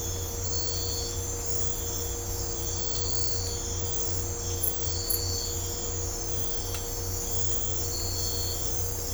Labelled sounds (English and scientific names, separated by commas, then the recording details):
none
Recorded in dense forest near Puerto Asís, Putumayo, Colombia, on 22 December 2024 at 03:30
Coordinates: 0.503, -76.323
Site G043